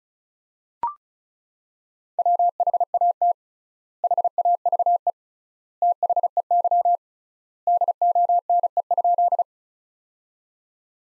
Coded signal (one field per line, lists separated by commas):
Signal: Morse code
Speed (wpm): 36 wpm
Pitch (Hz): 700 Hz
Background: none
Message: WHAT HAVE THEY DONE?